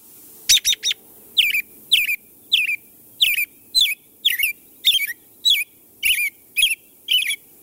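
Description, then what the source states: American robin song, a long series of short whistled phrases that slur downward, repeated many times. Cheery song.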